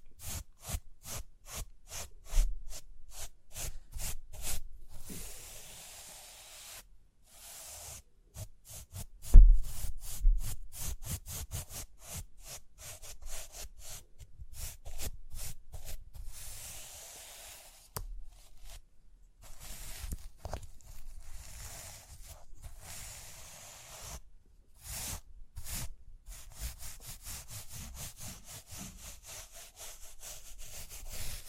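Rhinestones are tapped, scratched and brushed in quick runs of crisp, bright strokes, each a short rasp repeated at a fairly regular fast pace. Brief pauses break the runs around 5, 7, 18 and 24 seconds. One louder knock comes near 9 seconds.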